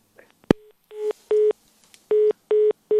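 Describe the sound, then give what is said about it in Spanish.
A sharp click, then a mobile phone redialing to restore a dropped call: a steady run of short, evenly spaced electronic beeps, all at the same mid pitch, with no one talking. “Bueno, recuperamos la llamada que se cortó. Esto de la telefonía móvil es lo que tiene.”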